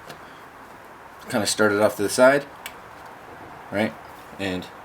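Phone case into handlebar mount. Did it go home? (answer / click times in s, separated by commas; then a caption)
no / none. A TigraSport MountCase 2 phone case for an iPhone 7 Plus is angled in from the side toward a handlebar ball mount on a bike, with the mount unlocked. Someone talks over a few quiet handling sounds, including a short sharp tick at about 2.7 s. Nothing has seated or clicked into place yet.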